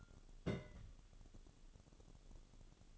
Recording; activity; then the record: daily activity, microphone in the room; place on stove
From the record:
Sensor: 4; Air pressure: 1008.7 hPa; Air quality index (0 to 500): 107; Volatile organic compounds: 1 ppm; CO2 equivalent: 794 ppm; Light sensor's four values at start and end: 10/22/9/8 and 10/22/9/8